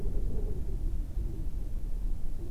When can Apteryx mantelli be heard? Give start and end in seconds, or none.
none